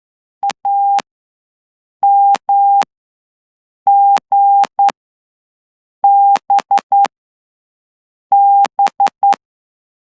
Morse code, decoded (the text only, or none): AMGBB